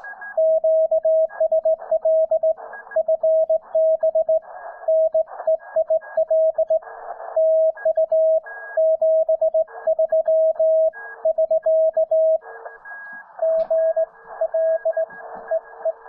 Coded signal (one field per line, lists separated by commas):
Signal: Morse code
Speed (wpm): 18 wpm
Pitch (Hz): 650 Hz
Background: radio noise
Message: QSL FB NEIL TU 73 <SK> G L EE